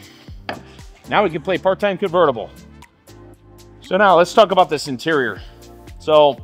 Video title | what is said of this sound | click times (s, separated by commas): 2024 Cacti Green C8 Beauty at Corvette World! | load like such and it locks in place and you just close her up | 0.5 s